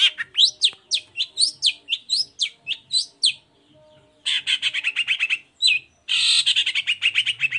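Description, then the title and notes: Long-tailed shrike song: fast run of harsh upslurred chirps, a short pause, then dense scratchy chattering bursts. Morning song with varied 'toet toet' notes, used as a lure to provoke other long-tailed shrikes into answering and singing along. "Cendet Gacor Dor Di Kala Pagi Toet Toet Variasi Suara. Pancingan Emosi Cendet Gacor Full Variasi Toet Toet Bikin Nyaut Cendet Lain Langsung Ikutan Bunyi. Burung cendet"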